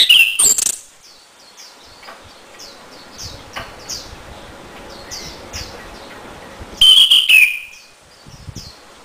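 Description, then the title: Orange-headed thrush song in two loud bursts of sliding, clear whistles, at the start and near seven seconds, against a background of rapid faint high chirps. Song to lure or stimulate a silent orange-headed thrush into singing. "Anis Merah Macet.. Pancing Dengan Suara Ini.. # Anis Merah"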